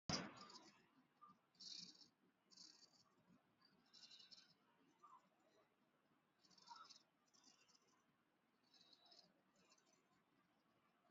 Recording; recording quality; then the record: shallow breathing; excellent, no background noise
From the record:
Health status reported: exposed to COVID-19, no respiratory illness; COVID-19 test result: negative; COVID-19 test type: RT-PCR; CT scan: taken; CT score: 1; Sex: male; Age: 30 years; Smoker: no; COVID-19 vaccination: one dose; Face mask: worn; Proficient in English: yes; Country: India